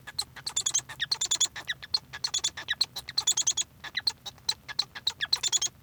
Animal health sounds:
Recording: song of a male Bengalese finch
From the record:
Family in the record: son of father 1

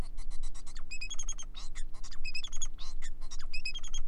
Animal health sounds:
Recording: song of a male Bengalese finch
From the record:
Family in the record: son of father 4

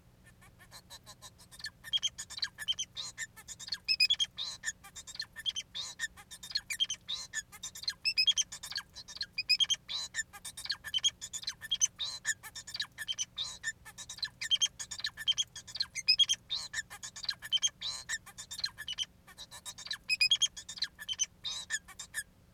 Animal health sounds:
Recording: song of a male Bengalese finch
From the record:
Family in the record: son of father 4

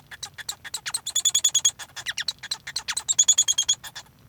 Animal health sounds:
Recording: song of a male Bengalese finch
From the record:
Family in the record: son of father 1

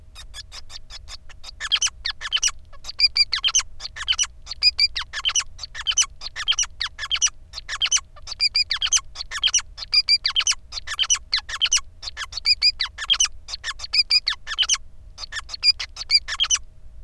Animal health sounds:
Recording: song of a male Bengalese finch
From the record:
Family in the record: son of father 5

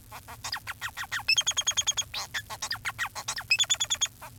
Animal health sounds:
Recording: song of a male Bengalese finch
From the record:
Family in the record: son of father 4

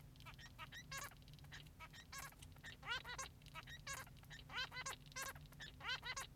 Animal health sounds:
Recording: song of a male Bengalese finch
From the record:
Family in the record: son of father 3

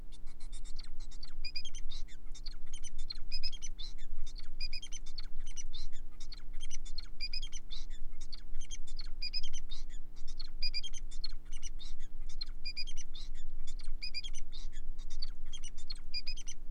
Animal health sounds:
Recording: song of a male Bengalese finch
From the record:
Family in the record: son of father 4

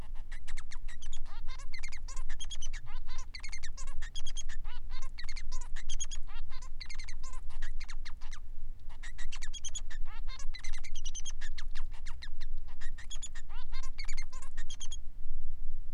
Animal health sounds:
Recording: song of a male Bengalese finch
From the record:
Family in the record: son of father 3

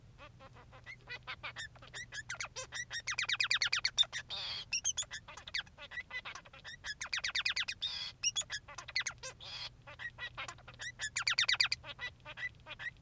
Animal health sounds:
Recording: song of a male Bengalese finch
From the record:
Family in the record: son of father 3

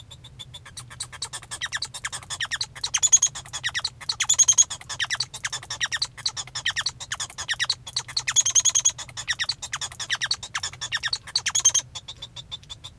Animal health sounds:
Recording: song of a male Bengalese finch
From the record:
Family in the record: son of father 1

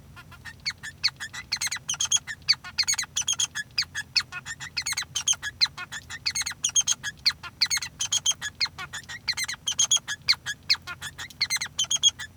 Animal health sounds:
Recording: song of a male Bengalese finch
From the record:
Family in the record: son of father 3

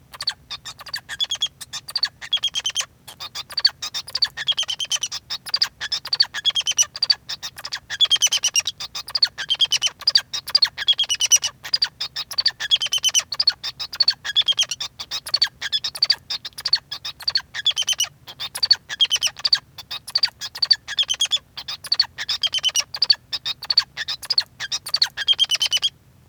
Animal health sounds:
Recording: song of a male Bengalese finch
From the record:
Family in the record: son of father 2

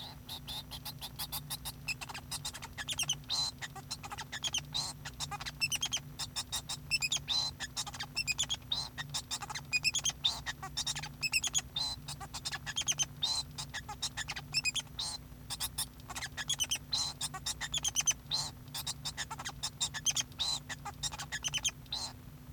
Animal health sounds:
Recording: song of a male Bengalese finch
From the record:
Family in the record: son of father 2

